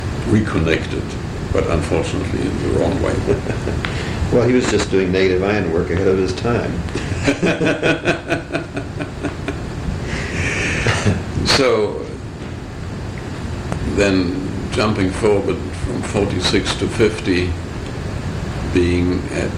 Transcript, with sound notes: reconnected, but unfortunately, the wrong way.
Well, he was just doing negative ion work ahead of his time. [laughter]
So then, jumping forward from 1946 to 1950, being at